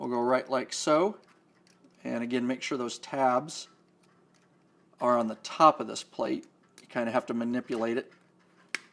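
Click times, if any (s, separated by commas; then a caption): 8.8 s. A second metal spring-tab mounting bracket is worked into the steel plate of a Lithonia fluorescent light fixture so that its push tabs end up on top of the plate. Someone talks over the fitting, then a sharp snap at 8.8 seconds marks the bracket seating solidly in place.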